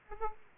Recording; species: mosquito wingbeat signal from an infrared sensor; Aedes aegypti